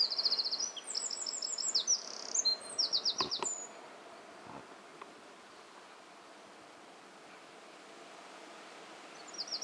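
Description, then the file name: Eurasian wren singing a fast, high-pitched cascade of trills and ticking notes for about three seconds, followed by a few low knocks and a long quiet stretch before the song restarts. "Troglodytes troglodytes"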